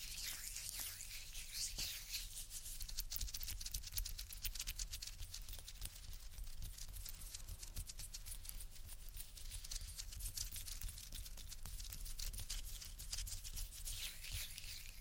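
Ear-focused trigger sounds: a dense, continuous stream of crisp tapping and rubbing, with many quick clicks packed closely together. A steady low rumble runs underneath throughout, and the bright scratchy texture swells slightly near the start and end.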